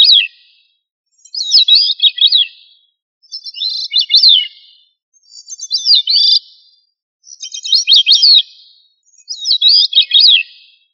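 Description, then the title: Thrush singing short warbled phrases of fluty, up-and-down notes, each phrase repeated about every two seconds with silence between. "Familia Turdidae - Sabia"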